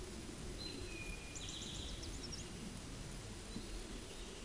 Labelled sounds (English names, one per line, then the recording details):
Eastern Towhee song
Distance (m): 35 m
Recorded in a Pennsylvania forest on 17 May 2023 at 13:24
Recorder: AudioMoth, point grid1_13_low
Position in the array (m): 112 m, 105 m